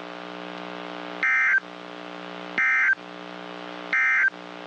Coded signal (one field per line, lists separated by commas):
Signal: Emergency Alert System (SAME) tones